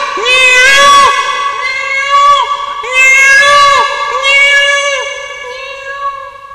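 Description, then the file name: Peafowl calls: loud, harsh, wailing cries that rise and then fall, repeated several times, each cry rich in overtones. "peacock"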